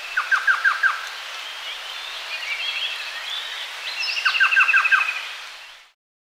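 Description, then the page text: Orange-breasted trogon calling a brief run of four or five notes at the start and again near the end, over a steady hiss with fainter bird calls between. "Orange-Breasted Trogon Call. Quick Sounds"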